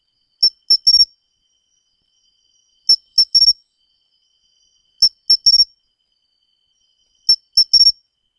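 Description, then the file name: Pine cricket chirping: clear high pulses in short groups, each group returning every two seconds or so against silence. "matsumushi"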